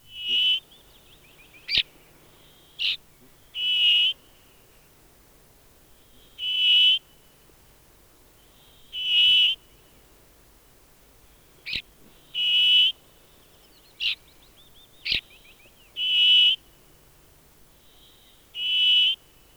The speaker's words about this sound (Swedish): nu följer bergfink.